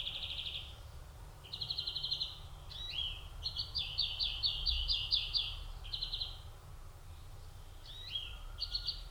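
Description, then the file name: European greenfinch song of twittering trills and rapid rolling runs with occasional rising notes, in bursts separated by short pauses. "Chloris chloris"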